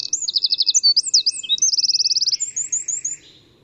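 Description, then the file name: Eurasian wren singing a fast string of shrill trills and bouncing notes for about three seconds, fading out at the end. "Troglodytes troglodytes"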